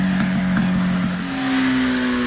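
A motorcycle engine revs with a loud, steady droning hum whose pitch jumps higher about halfway through and holds there, with no voices.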